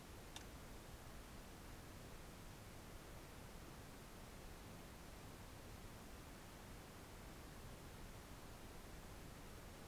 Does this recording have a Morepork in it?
no